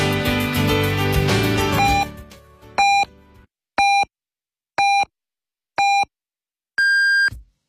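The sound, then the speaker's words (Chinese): Broadcast music fades out, followed by four short, evenly spaced electronic pips about a second apart and a final longer, higher-pitched tone marking 14:00 Beijing time on Beijing City Radio FM 107.3, 2018. “北京城市广播1073，请您准确对时，现在是北京时间14点整。”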